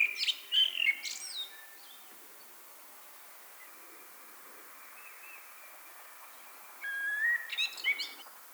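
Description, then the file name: Common blackbird song: a mellow whistled phrase ending in squeaky high notes, a long quiet gap, then another warbled phrase with a twittering finish. "Turdus merula"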